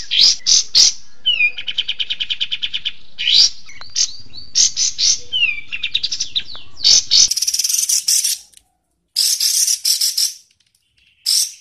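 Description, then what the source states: Bird song, varied and fast: sharp chips, a steady buzzy trill, slurred whistles, then harsh scratchy bursts with brief pauses between them. Recording used as masteran, a tutor song for training birds.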